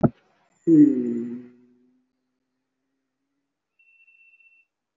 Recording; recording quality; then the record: sustained vowel as in beet; excellent, no background noise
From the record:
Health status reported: respiratory illness, not identified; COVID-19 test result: not tested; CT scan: not taken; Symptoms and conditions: breathing difficulty, fatigue, muscle pain, chronic lung disease, pneumonia, diabetes, ischaemic heart disease, another condition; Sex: male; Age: 72 years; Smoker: yes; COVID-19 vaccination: none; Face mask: worn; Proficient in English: no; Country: India